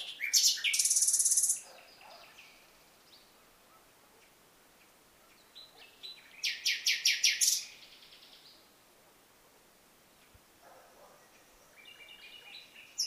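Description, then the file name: Common nightingale song: a loud buzzy phrase, a pause of a few seconds, then a rhythmic series of repeated pulsed notes, with softer notes after each. "Luscinia megarhynchos"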